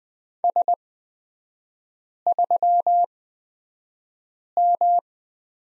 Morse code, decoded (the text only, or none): S3M